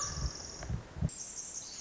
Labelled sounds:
Pacific Wren (Troglodytes pacificus)

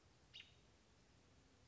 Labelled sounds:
American Robin (Turdus migratorius)

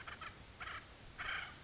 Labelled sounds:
Acorn Woodpecker (Melanerpes formicivorus)

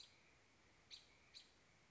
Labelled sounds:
American Robin (Turdus migratorius)

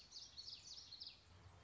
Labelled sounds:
Common Yellowthroat (Geothlypis trichas)

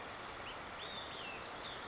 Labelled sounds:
Olive-sided Flycatcher (Contopus cooperi)

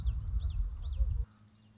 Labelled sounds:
Common Yellowthroat (Geothlypis trichas)

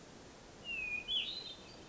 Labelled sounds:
Hermit Thrush (Catharus guttatus)

